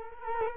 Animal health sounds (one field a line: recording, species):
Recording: mosquito wingbeat signal from an infrared sensor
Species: Culex quinquefasciatus